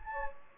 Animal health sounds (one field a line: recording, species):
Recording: mosquito wingbeat signal from an infrared sensor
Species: Anopheles gambiae